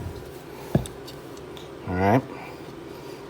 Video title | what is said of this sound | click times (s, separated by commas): Reduced Power Spring Kit Installation for the SAR USA K2, B6, B8l, CM, K12 Series of Pistols | so once it's lined up, you hear it pop in. That's the detent. | 0.9 s